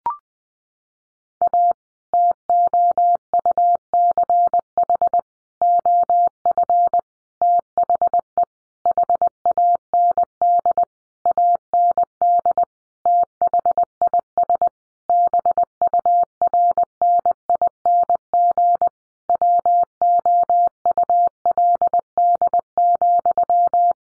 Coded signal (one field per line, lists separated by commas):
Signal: Morse code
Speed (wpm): 20 wpm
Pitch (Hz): 700 Hz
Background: none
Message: A TOUCH OF THE HAND AND THIS BURNING WOULD,